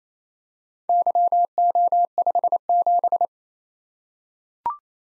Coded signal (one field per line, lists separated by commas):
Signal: Morse code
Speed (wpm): 28 wpm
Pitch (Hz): 700 Hz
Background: none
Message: YO57